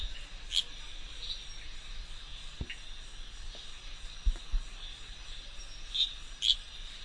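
Insects trill steadily at night in a continuous high-pitched drone, with a few brighter chirps standing out near the start and end.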